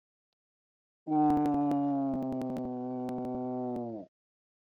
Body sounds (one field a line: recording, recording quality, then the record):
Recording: sustained vowel as in boot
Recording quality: moderate, slight background noise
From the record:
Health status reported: recovered from COVID-19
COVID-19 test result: positive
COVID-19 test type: RT-PCR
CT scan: not taken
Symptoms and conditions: cough, cold, sore throat, fever, fatigue, hypertension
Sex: male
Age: 58 years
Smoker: no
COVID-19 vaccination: both doses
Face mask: not worn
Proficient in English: yes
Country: India